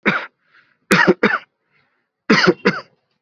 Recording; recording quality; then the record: shallow voluntary cough; excellent, no background noise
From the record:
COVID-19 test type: RT-PCR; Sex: male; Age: 29 years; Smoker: yes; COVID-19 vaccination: both doses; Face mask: worn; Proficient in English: yes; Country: India